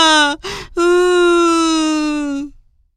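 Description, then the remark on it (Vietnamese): A lamb, lost in a deep forest and sitting on the ground, cries: a loud, high wail with a short sob, a breathy gasp, then one long, steady, drawn-out cry that holds its pitch before fading out. No talking. “Vừa mệt vừa sợ, bé cừu ngồi phịch xuống đất khóc thảm thiết.”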